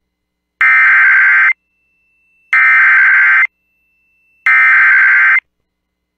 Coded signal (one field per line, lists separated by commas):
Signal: Emergency Alert System (SAME) tones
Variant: header bursts